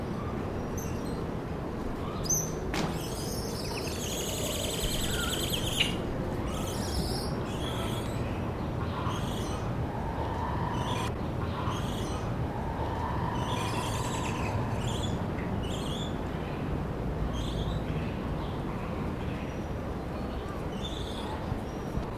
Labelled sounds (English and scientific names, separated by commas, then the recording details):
Black-and-white Ruffed Lemur (Varecia variegata)
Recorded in captivity
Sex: pair
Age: adult
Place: Zoo Berlin, Berlin, DE
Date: 1995-08-05 19:55
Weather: heiter, 25°C
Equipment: Nagra SN, Sennheiser ME 80, Kopie Uher 4000 Report Monitor
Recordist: Tembrock, Günter